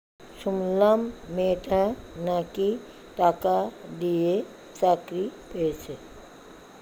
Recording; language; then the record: elicited speech; Bengali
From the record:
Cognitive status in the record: dementia